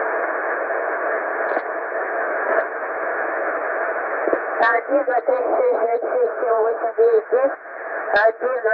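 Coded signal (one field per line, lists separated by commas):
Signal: numbers station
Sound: shortwave hiss, then a voice speaking short words through the static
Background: radio static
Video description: after about 1 minute was repeating same message, no beeps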